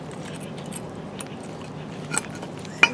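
A stamped steel brake pad abutment clip is pressed into one corner of the front brake caliper bracket on a 2013 Toyota Corolla, with the bracket pin side up and the clip's rounded side out and down. Faint metallic clinks and handling noise come before a sharp metallic snap at 2.8 s as the clip seats in the bracket.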